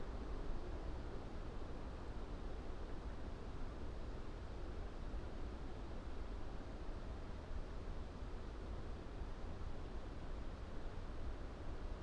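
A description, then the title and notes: A mild breeze moves steadily through a fir forest, making a dense, even rush that stays mostly low and soft, with little brightness on top. The level barely changes across the whole stretch, with no distinct calls or events rising out of it. Upland fir forest. All leaning, slightly, against a mild August breeze. We left the Lento mics alone to capture the undulating sound within the heart of this forest.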